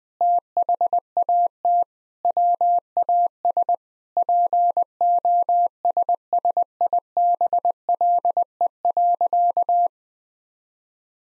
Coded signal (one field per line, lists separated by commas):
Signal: Morse code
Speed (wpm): 20 wpm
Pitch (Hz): 700 Hz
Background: none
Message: THAT WAS POSSIBLE.